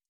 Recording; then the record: hydrophone in a shrimp aquaculture tank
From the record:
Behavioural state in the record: stressed